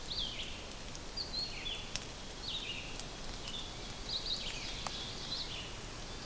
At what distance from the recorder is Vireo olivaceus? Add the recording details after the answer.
about 60 m. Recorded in boreal forest in Alberta, Canada, on 6 June 2016 at 08:35. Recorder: SongMeter 3, array SBT-3-51. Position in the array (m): 145 m, 78 m